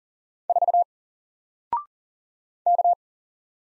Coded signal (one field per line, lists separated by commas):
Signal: Morse code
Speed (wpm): 40 wpm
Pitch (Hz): 700 Hz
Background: none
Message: 4 K